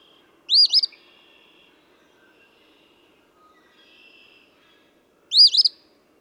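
Eastern phoebe: a scratchy, stuttered high phrase, then another about five seconds later, with faint thin bird notes between.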